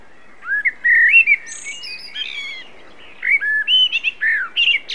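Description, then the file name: Common blackbird song: mellow whistled notes rising and falling, mixed with high squeaky twitters, in two closely spaced warbling phrases. "Turdus merula"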